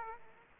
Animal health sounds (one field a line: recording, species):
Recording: mosquito wingbeat signal from an infrared sensor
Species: Aedes aegypti